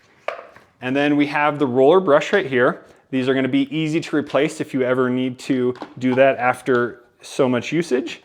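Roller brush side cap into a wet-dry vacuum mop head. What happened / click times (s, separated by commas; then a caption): The brush cap is being handled but has not yet clicked into place / none. Someone talks while handling the plastic roller brush side cap of a Roborock F25 wet-dry vacuum mop head, which is about to be pushed on at the side. Brief handling knocks are heard near 0.3 s and 0.6 s. The clip ends before the cap goes in, so nothing has seated or clicked yet.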